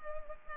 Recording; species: mosquito wingbeat signal from an infrared sensor; Culex pipiens